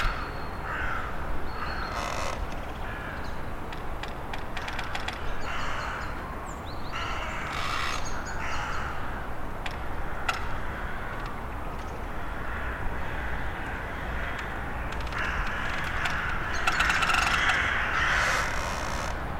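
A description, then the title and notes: Flagpoles creak in the wind over a steady, low roar of gusting air. Short squeaks and scraping groans rise out of it every few seconds, with sharper metallic ticks scattered throughout, and a longer, brighter creaking stretch near the end. The sound of flagpoles creacing in the wind. Location: Islandi väljak, Tallinn, Estonia. Equipment: Zoom h6 and its XY microphone.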